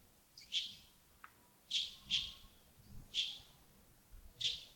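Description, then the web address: Bird calls, loud high chirps given singly or in pairs roughly every second, with a short lower note early on and little else heard. Early morning at Yagongding, 28 December 2025, around 07:40. "2025-12-28 亚公顶清晨 251228 074040 birds"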